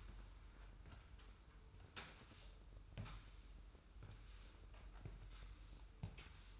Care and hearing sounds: daily activity, microphone in the room; sweep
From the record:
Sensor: 2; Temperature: 25.1 degrees Celsius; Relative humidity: 45.4%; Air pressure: 990.3 hPa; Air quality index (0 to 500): 210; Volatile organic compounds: 1000 ppm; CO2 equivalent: 6742 ppm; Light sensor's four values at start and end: 31/72/29/30 and 31/71/29/29

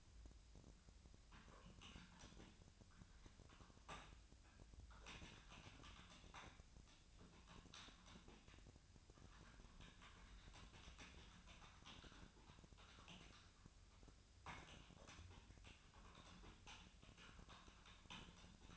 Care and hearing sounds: daily activity, microphone in the room; typing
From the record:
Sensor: 2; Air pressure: 1009.3 hPa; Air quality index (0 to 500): 187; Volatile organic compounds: 11 ppm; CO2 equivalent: 2323 ppm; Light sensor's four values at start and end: 23/57/24/27 and 23/56/24/26

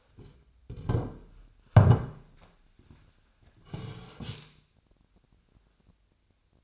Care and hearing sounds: daily activity, microphone in the room; sit down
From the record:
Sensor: 2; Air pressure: 1007.6 hPa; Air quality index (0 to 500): 180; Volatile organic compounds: 10 ppm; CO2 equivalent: 2212 ppm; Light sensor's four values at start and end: 9/22/9/10 and 9/23/9/9

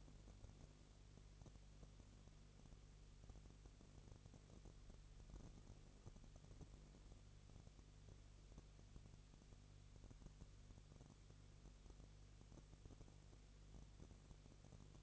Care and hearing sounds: daily activity, microphone in the room; no activity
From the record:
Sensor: 4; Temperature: 22.3 degrees Celsius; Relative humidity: 32.8%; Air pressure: 1002.0 hPa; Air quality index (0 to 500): 185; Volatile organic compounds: 4 ppm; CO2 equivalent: 1636 ppm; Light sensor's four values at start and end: 2/3/1/1 and 2/3/1/1

